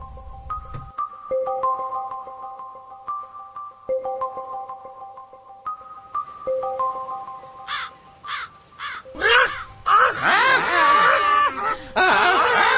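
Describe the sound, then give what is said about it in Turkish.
A gentle, stepping melody of steady tones plays alone, then several short bursts lead into a loud, harsh chorus of crows cawing over one another, raspy and overlapping until the end. “Bunun üzerine kargalar kendi hükümdarlarının yanına giderek hallerini anlatmışlar.”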